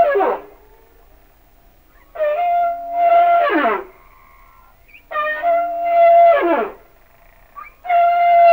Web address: Natures Songs Whale Songs Sounds of Nature - Humpback Whales